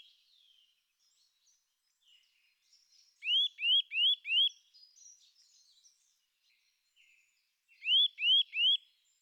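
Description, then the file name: Eurasian nuthatch calling with a rapid run of four bright, upslurred whistles, a pause with soft high notes, then three more identical whistles. "boomklever"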